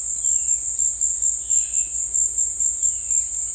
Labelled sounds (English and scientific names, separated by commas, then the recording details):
none
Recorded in secondary vegetation near Puerto Asís, Putumayo, Colombia, on 22 December 2024 at 16:00
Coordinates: 0.488, -76.319
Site GP04